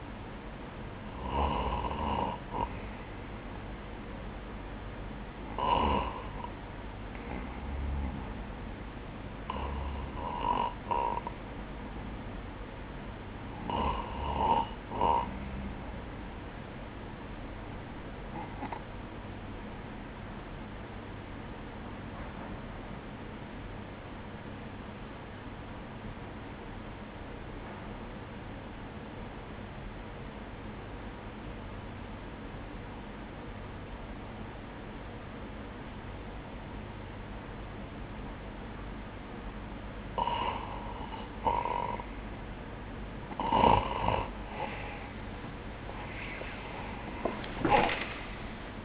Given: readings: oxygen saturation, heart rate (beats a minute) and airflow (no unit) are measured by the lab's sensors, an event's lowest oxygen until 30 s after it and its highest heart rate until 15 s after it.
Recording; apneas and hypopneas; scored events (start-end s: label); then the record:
breathing in sleep by a voice recorder at the bedside; 1
17.00-41.90 s: hypopnea (REM, oxygen 97% highest, then 92% lowest, heart rate 64 at the start, 83 highest)
36.00-48.85 s: new sleep stage, awake
45.00-48.85 s: awake
From the record:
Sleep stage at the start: REM sleep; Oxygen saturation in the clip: 95 to 97%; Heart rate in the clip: 58 to 73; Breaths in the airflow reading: 7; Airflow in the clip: -28.1 to 13.3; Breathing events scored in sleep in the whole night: 180 in 6.7 hours asleep